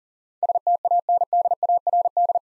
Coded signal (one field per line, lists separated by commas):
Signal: Morse code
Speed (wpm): 40 wpm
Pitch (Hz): 700 Hz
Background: none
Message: STANDARD